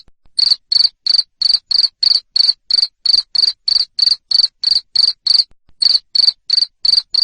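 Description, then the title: Cricket chirping in loud, high-pitched pulses at a brisk steady pace, a couple of faint clicks before and one pause later. Loud cricket chirping played to stimulate lovebirds to keep singing (ngekek). "Suara JANGKRIK NGERIK Keras Bikin LOVEBIRD Jadi NGEKEK Terus Vubey"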